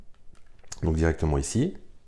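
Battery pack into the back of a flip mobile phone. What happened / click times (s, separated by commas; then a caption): Handled, not yet home: the battery pack has not clipped into place / none. A clip-on battery pack is handled against the back of a vintage Motorola StarTAC flip mobile phone while someone talks. Only a few faint, soft handling ticks are heard early on, and nothing has seated or clicked yet.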